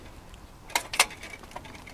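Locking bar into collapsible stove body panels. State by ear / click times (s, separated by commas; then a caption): seated / 1.0 s. A small metal locking bar is worked into the body panels of a collapsible metal rocket stove during reassembly, taking a moment to go in. Two short, bright ticks at about 0.8 s and 0.9 s lead to the loudest sharp snap at 1.0 s. The bar seats in place.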